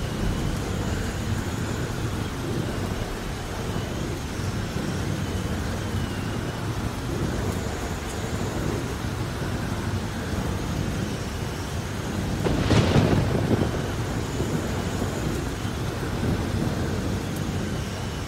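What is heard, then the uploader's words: Steady heavy rain pours down in a dense, even hiss with a deep low rumble underneath, like wind or distant thunder. Around the middle, a brief louder surge breaks through for a second or two before the downpour settles back to its constant roar. Heavy Rain Sounds, Thunder, Storm And Wind Sounds. Heavy rain drops, thunderstorm and wind. A rainy and stormy night.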